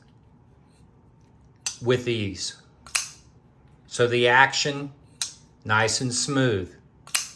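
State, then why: Seated. Someone talks while flipping open an Off-Grid Knives Caiman XL flipper folding knife, with sharp clicks near 1.7 s and 3.0 s. At 7.2 s the steel blade snaps into its locked open position in the handle with a crisp click, and the blade is locked.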